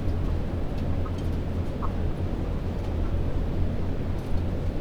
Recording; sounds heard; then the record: poultry house recording; sick chickens (respiratory disease)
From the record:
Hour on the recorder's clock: 22